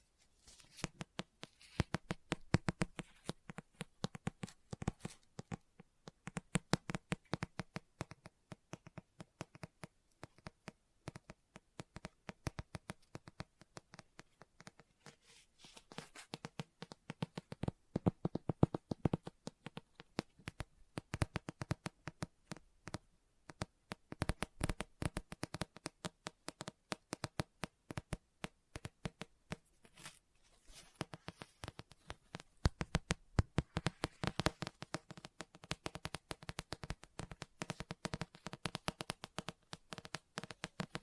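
Dense, rapid tapping and scratching on a book, the strikes coming in quick irregular bursts with short pauses between them. Louder stretches stand out around 18 seconds and again from 33 to 41 seconds, with faint rustling like pages in the quieter gaps.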